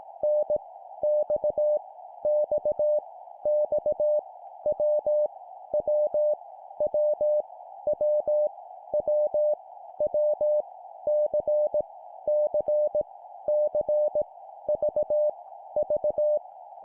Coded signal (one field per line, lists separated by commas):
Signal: Morse code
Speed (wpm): 18 wpm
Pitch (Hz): 600 Hz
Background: none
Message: N X X X W W W W W W C C C V V